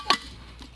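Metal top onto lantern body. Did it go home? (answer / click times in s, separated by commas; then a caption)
yes / 0.1 s. The metal top of a vintage 1943 Coleman 520 lantern is put onto the lantern body, where a small bump-out engages it and holds it in place. A sharp metallic clank lands at 0.1 s, followed by a faint tick near 0.6 s. The top is seated and held on loosely.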